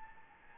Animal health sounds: mosquito wingbeat signal from an infrared sensor; Anopheles gambiae

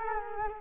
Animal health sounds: mosquito wingbeat signal from an infrared sensor; Culex quinquefasciatus

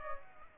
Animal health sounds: mosquito wingbeat signal from an infrared sensor; Aedes aegypti

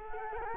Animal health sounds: mosquito wingbeat signal from an infrared sensor; Culex quinquefasciatus

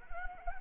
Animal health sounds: mosquito wingbeat signal from an infrared sensor; Anopheles arabiensis

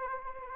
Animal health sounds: mosquito wingbeat signal from an infrared sensor; Anopheles arabiensis

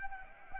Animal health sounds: mosquito wingbeat signal from an infrared sensor; Anopheles arabiensis

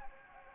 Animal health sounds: mosquito wingbeat signal from an infrared sensor; Anopheles gambiae

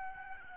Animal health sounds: mosquito wingbeat signal from an infrared sensor; Aedes albopictus

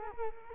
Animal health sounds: mosquito wingbeat signal from an infrared sensor; Culex quinquefasciatus

